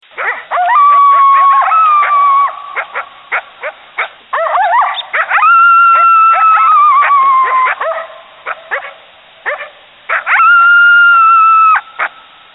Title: coyote